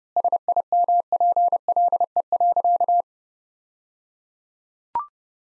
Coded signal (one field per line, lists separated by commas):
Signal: Morse code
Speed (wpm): 29 wpm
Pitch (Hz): 700 Hz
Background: none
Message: SIMPLE.